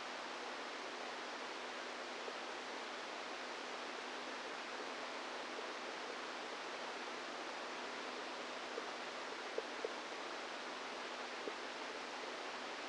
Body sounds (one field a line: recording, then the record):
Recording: brain microelectrode recording played as sound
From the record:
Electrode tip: outside the subthalamic nucleus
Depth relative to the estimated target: -4 mm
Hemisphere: right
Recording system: NeuroSet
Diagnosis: Parkinson's disease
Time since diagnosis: 10 years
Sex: female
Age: 45 years